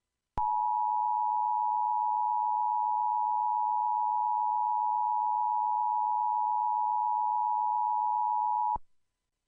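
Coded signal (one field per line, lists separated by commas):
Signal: Emergency Alert System (SAME) tones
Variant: 853 and 960 Hz attention tone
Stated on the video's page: Livestreamed EAS shelter-in-place warning for Pasco, Florida, during Hurricane Milton.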